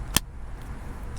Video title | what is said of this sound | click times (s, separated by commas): Tacoma Quick Tip - Key Fob Battery Replacement or Disassembly | give it a nice firm press until you hear everything click and | 0.2 s